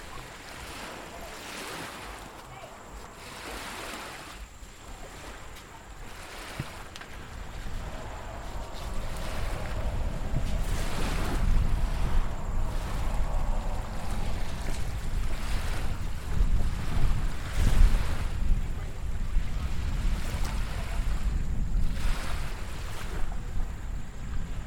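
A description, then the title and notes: Waves break along a beach in repeated soft washes, each swelling and fading every few seconds. A low rumble of wind or surf thickens after about seven seconds and stays steady, while a faint thin whine hangs high in the background throughout. These relaxing sounds are coming to you from Harvey's Beach.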